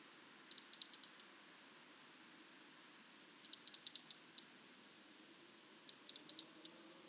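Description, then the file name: European robin with three bursts of fast, sharp ticking clicks a few seconds apart, each run of several ticks. "Erithacus rubecula"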